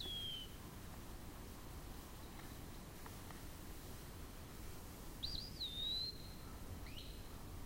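Eastern wood-pewee song: a clear slurred whistle falls at the start, then a longer rising-and-falling whistled phrase after about five seconds, over a steady low background rumble.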